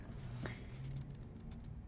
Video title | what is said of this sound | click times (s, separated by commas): First Impression - Canon 70-200mm f/2.8 L | um it's going to fit right around the front of the lens it's going to snap into place | 0.5 s